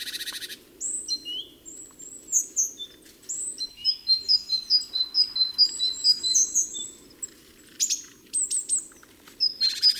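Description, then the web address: Great tit giving a quick series of high, clipped chirping notes, with a buzzy rasp at the start and another at the close. "SETE Parus major"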